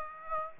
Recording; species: mosquito wingbeat signal from an infrared sensor; Aedes aegypti